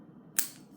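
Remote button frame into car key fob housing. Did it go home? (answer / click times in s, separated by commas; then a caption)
yes / 0.4 s. A replacement rubber button pad frame is pushed firmly into the remote key fob shell of a 2012-2017 Kia Rio to replace worn-out buttons. A single sharp, bright click sounds at 0.4 s over quiet low background noise. The frame clicks into place and is seated.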